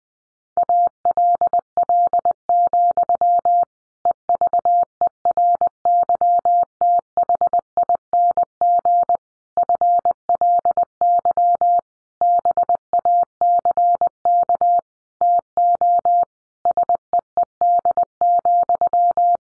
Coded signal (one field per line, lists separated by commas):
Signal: Morse code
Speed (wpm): 20 wpm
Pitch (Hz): 700 Hz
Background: none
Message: ALL, EVERYTHING FLY BACK TO SEED,